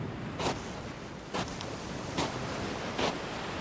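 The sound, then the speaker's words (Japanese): Steady, hissing wash of sea surf beside a breakwater and sandy beach, with four brief swells of breaking waves rising at a regular pace, about one every second, with no voices. “緩やかな坂を登りきると目の前が突然開けて、そこに海が広がっていた。”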